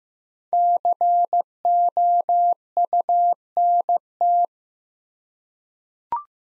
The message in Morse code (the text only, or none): COUNT